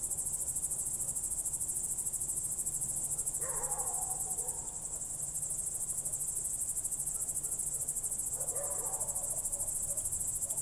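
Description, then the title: Night crickets give a continuous shrill pulsed chorus, with two brief lower-pitched sounds in the background. Night crickets heard through a window in Goworów, Poland, late evening of 18 July 2022, World Listening Day, recorded with a Zoom F4 and AT BP4025. "Goworów 6, 57-515, Poland - World Listening Day/Night 18/07/2022-night crickets"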